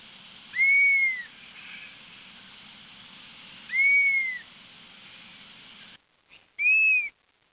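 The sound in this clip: Bird calls: a clear whistled note rising then falling, repeated three times about three seconds apart, over a soft low rumble.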